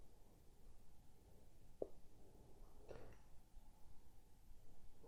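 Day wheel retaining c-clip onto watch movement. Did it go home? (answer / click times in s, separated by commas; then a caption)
yes / 1.8 s. A small metal C-clip that secures the day wheel is pressed onto its post during reassembly of an HMT Rajat automatic watch with a Citizen/Miyota 6501 21-jewel movement. It snaps into place with a sharp, short click at 1.8 s against a quiet background, followed by fainter handling sounds. The clip is seated.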